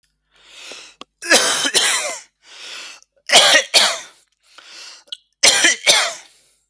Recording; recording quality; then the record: heavy voluntary cough; excellent, no background noise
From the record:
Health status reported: healthy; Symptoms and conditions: none ticked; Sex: male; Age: 41 years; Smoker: not ticked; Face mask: not worn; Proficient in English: yes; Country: India